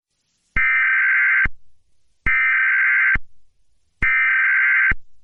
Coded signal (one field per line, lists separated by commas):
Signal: Emergency Alert System (SAME) tones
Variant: header bursts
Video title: EAS Scenario #3: The Intruder